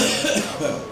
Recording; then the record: coughing mixed with background sound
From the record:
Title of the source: Spring Cold Coughing.